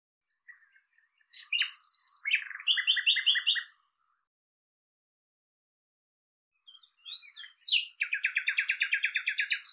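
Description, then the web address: Common nightingale song: a phrase of varied chirps building into fast, buzzy repeated notes, a pause of about three seconds, then a long rapid rattling series. "cianscape birddata Deverinetal 2025"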